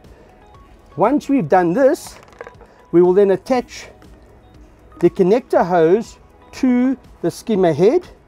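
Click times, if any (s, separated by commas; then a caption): none. The connector hose of a Pool Gobbler Pro pool leaf catcher is being handled toward the pool skimmer head fitting while someone talks over a quiet background. Nothing has seated or clicked yet, and the hose is not yet home in the skimmer head.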